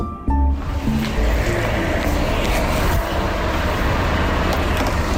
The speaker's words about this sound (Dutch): En ik wachtte buiten ons hotel. Maar dan komt er een auto aan.